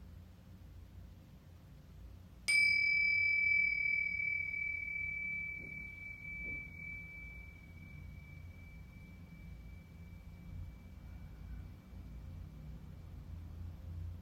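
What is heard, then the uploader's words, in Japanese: A singing bowl is struck once at about two seconds, ringing a clear bright tone that fades slowly over a low steady rumble. シンギングボウルサウンドヒーリング。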